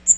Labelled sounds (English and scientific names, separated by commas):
Magnolia Warbler (Setophaga magnolia) flight call